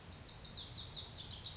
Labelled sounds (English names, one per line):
Lazuli Bunting